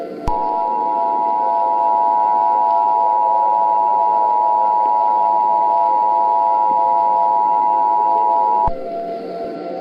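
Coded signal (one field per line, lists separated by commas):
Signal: Emergency Alert System (SAME) tones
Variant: 853 and 960 Hz attention tone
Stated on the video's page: Simulated EAS scenario, a remastered recreation.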